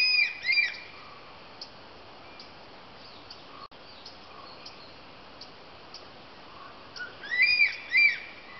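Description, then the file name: Crested serpent eagle calling with paired high, arching whistled notes at the start, then a long quiet stretch before another loud burst of ringing whistles near the end. Recorded at Dhoni. "Crested Serpent Eagle from Dhoni"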